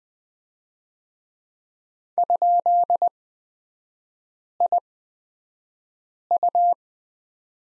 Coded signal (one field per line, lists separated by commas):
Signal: Morse code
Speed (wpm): 20 wpm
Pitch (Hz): 700 Hz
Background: none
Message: ?IU